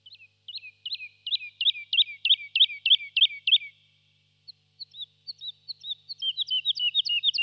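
Lark song: a fast run of about a dozen sharp, downslurred whistled notes at an even pace, a short pause, then quicker rising and falling chirps.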